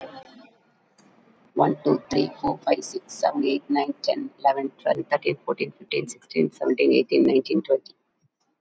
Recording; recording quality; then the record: counting at a fast pace; excellent, no background noise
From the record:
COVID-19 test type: RT-PCR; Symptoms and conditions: cough, hypertension, diabetes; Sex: female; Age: 53 years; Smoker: no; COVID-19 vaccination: one dose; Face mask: not worn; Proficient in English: yes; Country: India